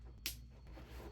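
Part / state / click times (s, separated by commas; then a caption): plastic slick clip on game bag strap / seated / 0.3 s. A plastic slick clip is pushed through its strap on a vest game bag until it snaps in, giving one sharp, bright click at 0.3 s. The rest of the clip is quiet background with a low hum, and the clip is seated.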